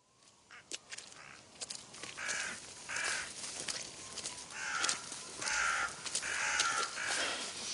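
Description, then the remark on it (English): A flock of crows caws over a field being ploughed, harsh rasping calls overlapping in irregular bursts, some loud and some fainter, with no one speaking. “Oh, blasted birds. Unholy ruckus.”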